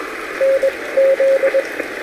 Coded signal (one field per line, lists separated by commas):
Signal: Morse code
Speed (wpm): 21 wpm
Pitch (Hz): 540 Hz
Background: radio noise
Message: NZ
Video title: QRP, Morse Code & Tea: A Rainy-Day POTA Activation with the Elecraft K2, AX3, and Vibroplex Bug!